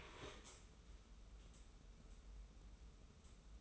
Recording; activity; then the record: daily activity, microphone in the room; stand up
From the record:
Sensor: 1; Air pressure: 994.4 hPa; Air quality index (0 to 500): 221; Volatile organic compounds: 1000 ppm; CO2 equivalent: 7912 ppm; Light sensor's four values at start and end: 125/284/127/139 and 124/280/126/138